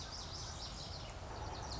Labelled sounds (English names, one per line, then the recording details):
Lazuli Bunting
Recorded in Sonoma County, California